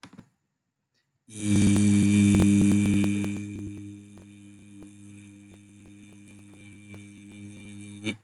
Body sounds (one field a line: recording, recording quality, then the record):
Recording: sustained vowel as in beet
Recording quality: excellent, no background noise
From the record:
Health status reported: respiratory illness, not identified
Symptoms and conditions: cough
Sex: male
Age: 32 years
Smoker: yes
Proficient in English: yes